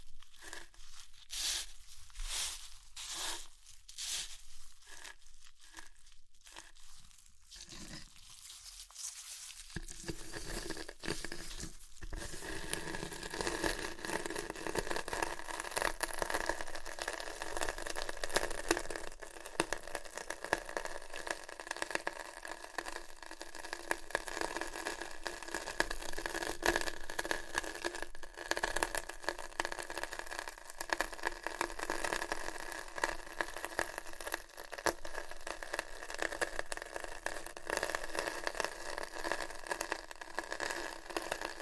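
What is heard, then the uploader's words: Chips being crushed, beginning with a quick, regular series of sharp crunches about once a second for the first eight seconds. From around ten seconds it turns into a dense, continuous crackling and rustling that stays steady and bright until the end. ASMR Satisfying Chips Crunchy Crushing & Eating Sounds (No Talking).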